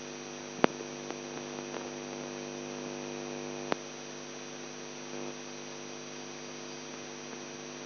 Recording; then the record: brain microelectrode recording played as sound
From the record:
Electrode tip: outside the subthalamic nucleus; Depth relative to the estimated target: -4 mm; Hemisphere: left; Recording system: AlphaMap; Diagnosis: Parkinson's disease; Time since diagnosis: 11 years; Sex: male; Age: 42 years